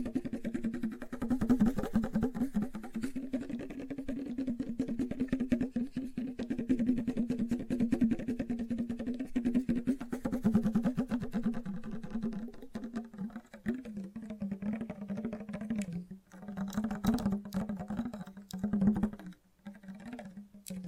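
Fast, gentle tapping runs in dense, rapid streams of light clicks over a steady low hum. The taps stay even for the first half, then turn more uneven after about twelve seconds, with brief pauses and dips near sixteen and nineteen seconds.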